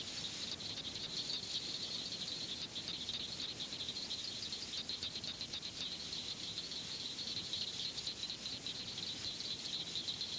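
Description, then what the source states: Southern cricket frog calls: a continuous stream of high, rapid clicks against a steady background hiss. Abundant statewide in Florida, heard year-round; call likened to striking two marbles together.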